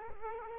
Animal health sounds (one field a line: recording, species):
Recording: mosquito wingbeat signal from an infrared sensor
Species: Culex quinquefasciatus